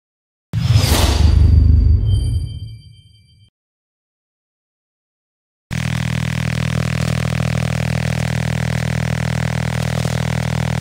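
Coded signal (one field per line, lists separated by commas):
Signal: radar signal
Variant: Contayner over-the-horizon radar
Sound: a whooshing intro effect, a pause, then a steady harsh rapid buzz over static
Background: whoosh sound effect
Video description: Tres transmisiones simultáneas del OTHR Contayner en la banda de #Radioaficionados de 20 m.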